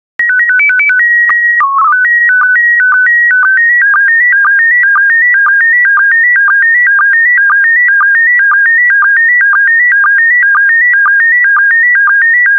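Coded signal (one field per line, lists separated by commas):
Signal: SSTV (slow-scan television)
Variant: PD 120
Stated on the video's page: SSTV PD120 transmission of bird images.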